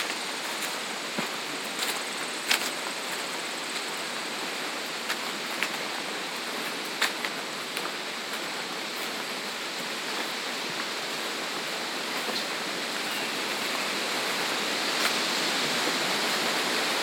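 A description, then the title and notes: Footfalls on a farm trail, heard as sharp, scattered crunches that come every second or two at an uneven pace. Underneath runs a steady, dense hiss like rushing water or wind that holds level for the whole stretch, growing slightly fuller toward the end. Footfalls on a Farm Trail.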